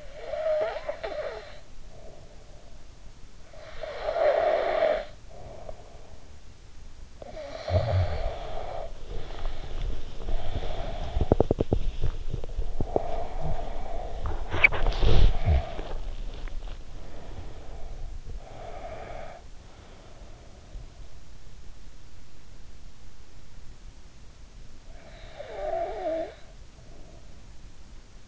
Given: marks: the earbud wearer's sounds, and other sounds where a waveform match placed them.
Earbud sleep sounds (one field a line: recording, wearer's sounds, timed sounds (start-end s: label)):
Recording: sounds in sleep by an in-ear microphone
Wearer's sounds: breath, snoring breath, body movement, teeth grinding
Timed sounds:
0.00-2.97 s: breath
3.39-6.59 s: breath
7.24-10.21 s: snoring breath
9.28-18.30 s: body movement
10.21-14.18 s: breath
10.97-13.29 s: teeth grinding
14.58-18.20 s: snoring breath
18.30-21.24 s: breath
24.83-27.54 s: breath